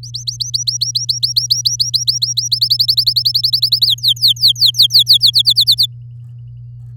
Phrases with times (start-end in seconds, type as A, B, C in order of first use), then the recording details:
0.03-2.48 A, 2.51-3.86 B, 3.87-5.18 C, 5.20-5.86 D. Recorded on 11 May 2018 at 10:20. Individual llb16